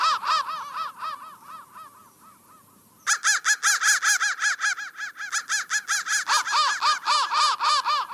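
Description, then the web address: Crow calls, hoarse arched caws repeated quickly, fading quieter and thinning for a few seconds, then a sudden loud stretch of many rapid caws. "soundfactory crow 1"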